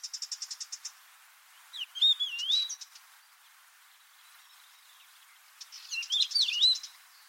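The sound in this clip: Bird opening with a fast run of high ticking notes, then two looping, warbled whistle phrases roughly four seconds apart.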